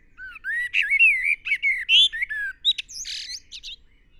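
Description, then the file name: Common blackbird song: a low, mellow fluted warble of rising and falling whistles, ending in a high, squeaky twittering flourish. "Turdus merula"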